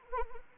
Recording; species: mosquito wingbeat signal from an infrared sensor; Anopheles arabiensis